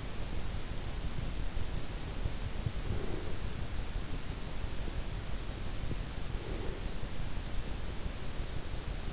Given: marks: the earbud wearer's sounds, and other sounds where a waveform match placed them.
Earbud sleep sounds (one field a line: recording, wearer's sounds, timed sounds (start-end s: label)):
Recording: sounds in sleep by an in-ear microphone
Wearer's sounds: breath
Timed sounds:
2.72-3.67 s: breath
6.39-7.13 s: breath